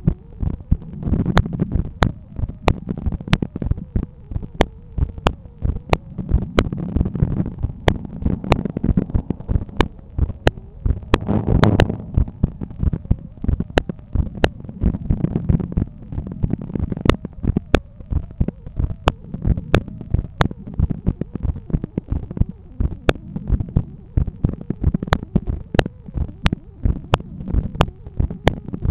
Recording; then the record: heart sounds by stethoscope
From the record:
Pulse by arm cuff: 92 bpm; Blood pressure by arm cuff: 143/89 mmHg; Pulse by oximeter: 99 bpm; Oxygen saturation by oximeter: 97%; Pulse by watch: 95 bpm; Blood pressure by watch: 128/84 mmHg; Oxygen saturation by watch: 93%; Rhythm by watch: sinus rhythm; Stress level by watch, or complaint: medium stress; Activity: after 5 min smoking and 1 beer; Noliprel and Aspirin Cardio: no pills today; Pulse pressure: 54 mmHg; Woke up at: 7:30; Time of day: 17:33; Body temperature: 36.2 C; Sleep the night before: 9 h 22 min, score 68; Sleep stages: REM 22%, light 66%, deep 4%, awake 8%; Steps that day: 11800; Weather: sunny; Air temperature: 21.2 C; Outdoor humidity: 62%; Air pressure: 1014 hPa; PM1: 4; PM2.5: 6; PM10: 8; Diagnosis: hypertension, treated with Noliprel and Aspirin Cardio 100 mg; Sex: male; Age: 53 years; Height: 174 cm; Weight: 81 kg